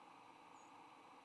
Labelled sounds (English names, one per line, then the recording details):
White-throated Sparrow flight call
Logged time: 06:42 on 16 November 2014